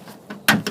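While prying a rear trunk trim panel up from the left side during a license plate bulb change on a 1999–2004 Chevrolet Tracker, Geo Tracker, Impala or Suzuki Sidekick, one of the small red plastic retaining clips pops loose with a loud snap at 0.5 s. Softer clicks come just before it at 0.3 s and just after at 0.7 s, and the clip is released from the panel.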